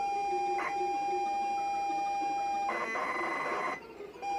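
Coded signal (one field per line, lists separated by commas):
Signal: ZX Spectrum tape loading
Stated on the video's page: ZX Spectrum tape loading sequences from various games, including inventive and odd loading methods.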